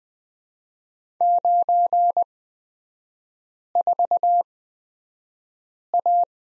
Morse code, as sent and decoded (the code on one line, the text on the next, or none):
----. ....- .-
94A